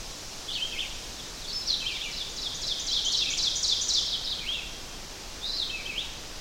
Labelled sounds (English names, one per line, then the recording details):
Ovenbird song
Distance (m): 30 m
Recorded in boreal forest in Alberta, Canada, on 12 June 2016 at 05:45
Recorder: SongMeter 3, array SBT-3-18
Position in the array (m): 209 m, 83 m
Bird 31